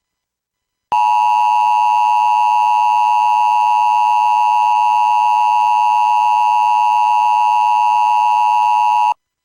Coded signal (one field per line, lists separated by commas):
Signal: Emergency Alert System (SAME) tones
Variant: 853 and 960 Hz attention tone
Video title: All EAS Alerts by year part 3